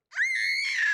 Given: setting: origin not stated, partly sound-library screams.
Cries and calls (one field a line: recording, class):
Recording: one-second piece from a danger detection set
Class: woman in danger